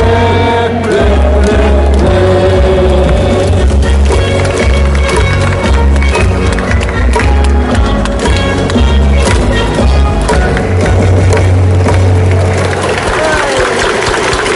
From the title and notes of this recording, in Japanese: 阪神甲子園球場での模様を、ただただ場内の音声だけでお送りします。